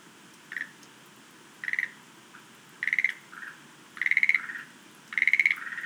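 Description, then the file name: Schlegel's green tree frog giving five short pulsed trills, growing longer and louder, the later ones trailed by softer chuckling notes. "rodolphe alexis - rhacophorus schlegelii"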